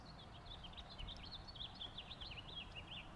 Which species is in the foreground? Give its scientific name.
Haemorhous mexicanus